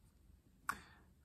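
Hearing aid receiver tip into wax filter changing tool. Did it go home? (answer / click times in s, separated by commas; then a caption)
yes / 0.7 s. The receiver (speaker) end of a Phonak RIC hearing aid is pushed into the "trash can" slot of a small plastic wax-filter changing tool to pick off the used wax filter. After quiet handling noise, a single sharp click sounds at 0.7 s as the receiver seats in the slot.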